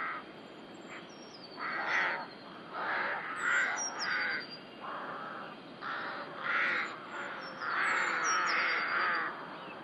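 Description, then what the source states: Rook calls: a chorus of hoarse, rasping caws, several birds at once in irregular runs, with faint high twittering notes in the background. Rook colony (rookery) in the UK.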